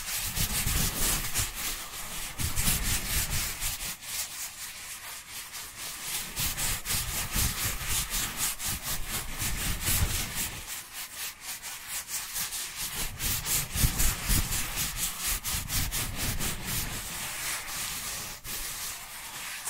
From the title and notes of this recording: Dry Dry Hand Sounds. (No Talking).